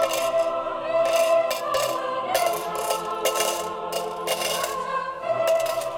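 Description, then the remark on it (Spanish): Coins drop and clink in a series of bright, irregular metallic jingles, some in quick clusters, over a steady tonal hum running underneath, as coins are given as an offering during a church service. “por haber ofrendado con monedas durante el culto de ayer.”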